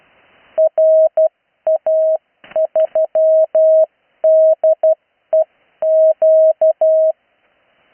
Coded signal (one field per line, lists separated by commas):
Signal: Morse code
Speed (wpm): 12 wpm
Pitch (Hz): 640 Hz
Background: none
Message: RA3DEQ